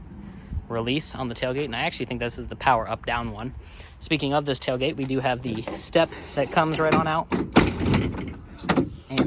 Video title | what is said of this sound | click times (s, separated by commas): THE BEST FULL-SIZE TRUCK TO BUY RIGHT NOW - F-150 Tremor Review | the handle comes up snaps right into place | 9.2 s